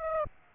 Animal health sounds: mosquito wingbeat signal from an infrared sensor; Aedes aegypti

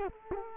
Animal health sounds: mosquito wingbeat signal from an infrared sensor; Culex quinquefasciatus

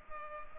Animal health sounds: mosquito wingbeat signal from an infrared sensor; Culex pipiens

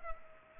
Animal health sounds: mosquito wingbeat signal from an infrared sensor; Culex pipiens

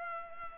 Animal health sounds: mosquito wingbeat signal from an infrared sensor; Culex pipiens

